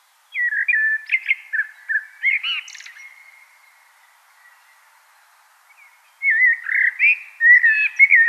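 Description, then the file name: Common blackbird song: a fluty warbled phrase with a brief scratchy flourish, a pause of about three seconds, then another rich, mellow phrase. "Turdus merula"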